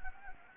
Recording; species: mosquito wingbeat signal from an infrared sensor; Anopheles gambiae